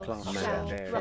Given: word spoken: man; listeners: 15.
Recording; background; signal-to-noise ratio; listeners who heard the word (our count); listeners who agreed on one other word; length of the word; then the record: one English word in noise, from a listening test; four-talker babble; -2.5 dB; 3 of 15; 9 of 15; 0.61 s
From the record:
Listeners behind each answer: 9, 3, 1, 1, 1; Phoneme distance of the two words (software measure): 48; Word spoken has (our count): 1 syllable, 3 phonemes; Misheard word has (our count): 2 syllables, 7 phonemes, stress on syllable 1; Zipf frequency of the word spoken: 5.86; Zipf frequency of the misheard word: 3.89